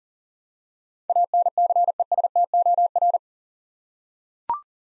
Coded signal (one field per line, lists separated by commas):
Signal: Morse code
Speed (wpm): 40 wpm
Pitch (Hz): 700 Hz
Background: none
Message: ANCESTOR